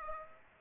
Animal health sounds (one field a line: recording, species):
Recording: mosquito wingbeat signal from an infrared sensor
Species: Aedes aegypti